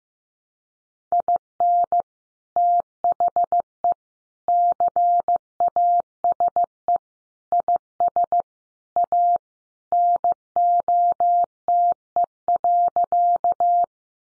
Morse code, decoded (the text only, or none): IN THE CASE IS A NOTE.